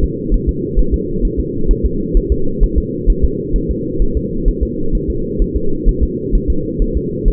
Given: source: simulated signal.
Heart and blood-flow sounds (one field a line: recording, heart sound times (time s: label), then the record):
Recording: fetal heart sounds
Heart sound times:
0.04 s: S2
0.34 s: S1
0.49 s: S2
0.79 s: S1
0.94 s: S2
1.25 s: S1
1.40 s: S2
1.71 s: S1
1.86 s: S2
2.17 s: S1
2.32 s: S2
2.63 s: S1
2.78 s: S2
3.10 s: S1
3.24 s: S2
3.56 s: S1
3.71 s: S2
4.02 s: S1
4.17 s: S2
4.48 s: S1
4.63 s: S2
4.95 s: S1
5.10 s: S2
5.42 s: S1
5.56 s: S2
5.89 s: S1
6.03 s: S2
6.35 s: S1
6.50 s: S2
6.82 s: S1
6.97 s: S2
7.28 s: S1
From the record:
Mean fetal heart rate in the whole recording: 130 bpm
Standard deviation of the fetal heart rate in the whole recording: 2 bpm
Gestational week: 38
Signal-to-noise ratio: -8.1 dB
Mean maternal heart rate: 72 bpm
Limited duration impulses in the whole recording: absent